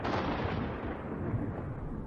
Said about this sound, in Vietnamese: Chợt trên trời lại có một tiếng sét lần nữa vang lên.